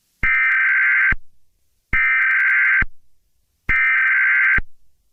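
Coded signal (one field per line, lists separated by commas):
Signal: Emergency Alert System (SAME) tones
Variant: header bursts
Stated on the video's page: Fictional EAS scenario; simulated.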